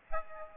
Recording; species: mosquito wingbeat signal from an infrared sensor; Aedes albopictus